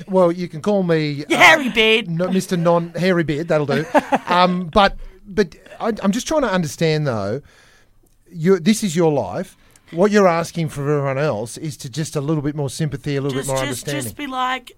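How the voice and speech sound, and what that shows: An adult man speaks casually in a relaxed, conversational voice, with a brief repeated "but" and a light laugh in his tone. Articulation, rate and voice quality are ordinary and fluent, with short pauses between phrases.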